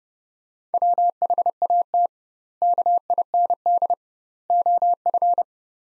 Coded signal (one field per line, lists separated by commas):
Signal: Morse code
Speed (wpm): 32 wpm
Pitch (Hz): 700 Hz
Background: none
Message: WHAT KIND OF